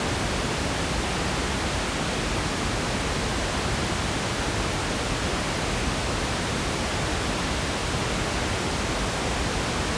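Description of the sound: Steady, soft hiss with more energy in the low end, level and unchanging for the whole ten seconds, with no other sounds. This is soft pink noise, a generated sound used in hyperacusis sound therapy for gradual desensitization to everyday noise.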